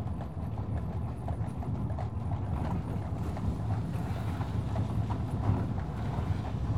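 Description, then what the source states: Horse hoofbeats clopping quickly over a continuous low rumble. Horses drawing the Norwich Union stage coach and four.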